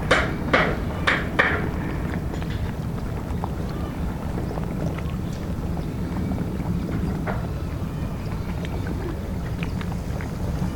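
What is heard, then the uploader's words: Canal water laps in a steady, low, churning wash that fills the whole clip. Four sharp hammer blows ring out in quick succession during the first two seconds, then stop, leaving only faint scattered ticks over the continuous water. Lapping canal. Hammer.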